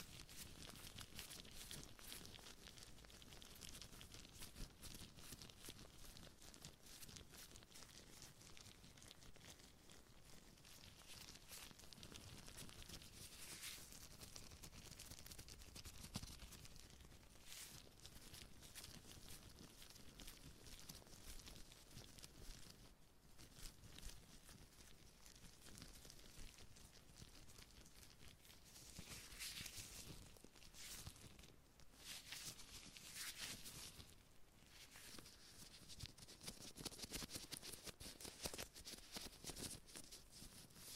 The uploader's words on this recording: ASMR Hand Sounds No Talking - Different Glove Sounds.